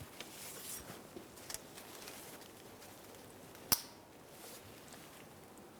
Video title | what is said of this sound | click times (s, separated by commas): How to Replace Transfer Shift Case Motor 2005-2010 Dodge Dakota | once you've heard the click continue on to pressing in the red locking tab | 3.7 s